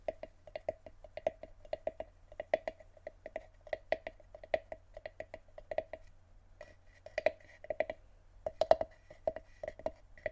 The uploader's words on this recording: ASMR Tapping On Random Objects.